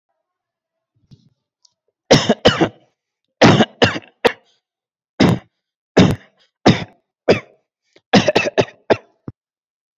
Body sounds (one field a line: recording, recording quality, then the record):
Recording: heavy voluntary cough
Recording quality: excellent, no background noise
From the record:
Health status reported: COVID-19 positive, mild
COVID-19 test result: positive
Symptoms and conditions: breathing difficulty, fever, loss of smell and taste, diabetes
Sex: male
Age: 42 years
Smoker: not ticked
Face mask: not worn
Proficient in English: yes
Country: India